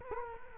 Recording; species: mosquito wingbeat signal from an infrared sensor; Culex quinquefasciatus